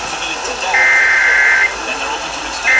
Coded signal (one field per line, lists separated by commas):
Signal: Emergency Alert System (SAME) tones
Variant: header bursts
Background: speech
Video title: KKJG Judges Groundhog Day (6 MORE WEEKS OF WINTER) (SLO Monthly EAS Test from 2/2/23) (EAS #745-765)